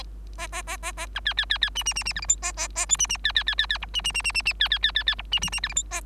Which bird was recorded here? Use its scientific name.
Lonchura striata domestica